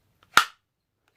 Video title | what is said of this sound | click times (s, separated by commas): We The People Holsters IWB Holster Review For The Sig Sauer P365! | nice positive click out of it we'll do it one more time for you | 0.4 s